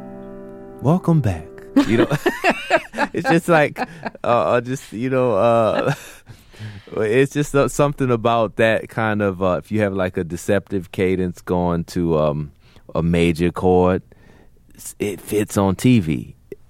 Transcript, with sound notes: Welcome back. You know?
(LAUGHTER)
It's just like a - just, you know - it's just something about that kind of - if you have, like, a deceptive cadence going to a major chord, it fits on TV.